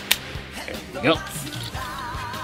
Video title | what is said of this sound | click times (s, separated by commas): Transformers Titans Return - Chromedome Review | and then come around here pull his backpack in make sure you hear that click there | 0.1 s